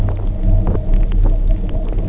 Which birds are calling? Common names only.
none